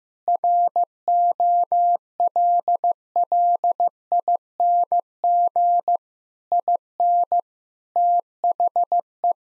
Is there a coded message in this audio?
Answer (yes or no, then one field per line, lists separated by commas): yes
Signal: Morse code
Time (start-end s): 0.3-9.3 s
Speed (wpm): 15 wpm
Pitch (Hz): 700 Hz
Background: none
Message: ROLLING IN THE